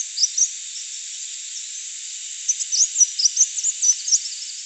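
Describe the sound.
Crimson sunbird song: scattered high, thin chirps and short twittering notes, sparse at first then quicker toward the end, over a steady high hiss.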